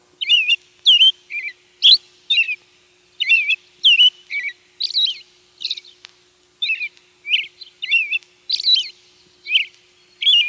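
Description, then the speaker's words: American Robin song: a long run of short whistled phrases of a few notes each, separated by brief pauses. Sings long sentences of two- or three-syllable phrases; often confused with the rose-breasted grosbeak's song. "The robin sings long sentences made up of phrases of two or three syllables."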